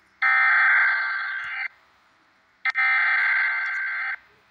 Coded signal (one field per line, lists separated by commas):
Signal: Emergency Alert System (SAME) tones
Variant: header bursts